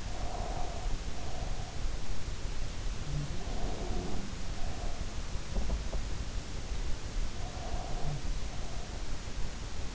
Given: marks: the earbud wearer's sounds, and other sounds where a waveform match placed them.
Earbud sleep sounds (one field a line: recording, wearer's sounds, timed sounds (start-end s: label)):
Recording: sounds in sleep by an in-ear microphone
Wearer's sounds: breath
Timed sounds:
0.00-1.94 s: breath
2.92-6.36 s: sound from someone else or the room
3.37-5.32 s: breath
7.34-9.22 s: breath